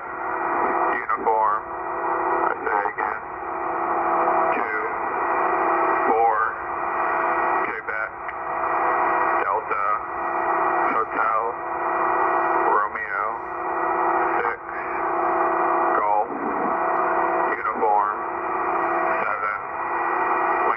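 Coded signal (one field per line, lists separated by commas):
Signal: coded military voice message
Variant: Emergency Action Message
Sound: narrowband radio voice speaking steadily in short phrases through shortwave static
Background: radio static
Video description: US Military EAM Emergency Action Message transmission heard in NJ USA. 1/25/2023, 8.992 Mhz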